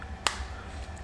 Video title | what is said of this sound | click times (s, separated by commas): Panasonic Lumix LX10 or LX15 REVIEW (11 Reasons to buy) | You hear that little click. | 0.3 s